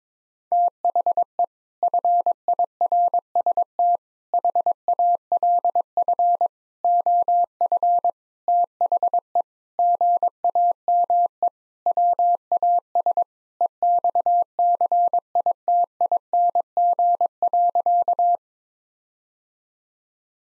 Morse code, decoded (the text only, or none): THE FIRST HALF OF THE GAME WAS EXCITING.